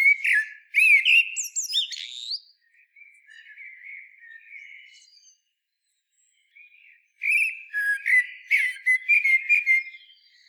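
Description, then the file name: Common blackbird singing loud fluty phrases with high squeaky endings, then a quiet subdued warble, a pause, and a fresh burst of rapid, varied notes. "Turdus merula"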